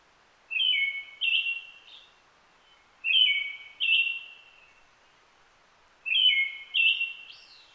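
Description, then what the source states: Brown-headed thrush singing three repeated phrases, each a pair of clear whistled notes with a soft fading tail. Recorded 29 June 2009 at 17:46.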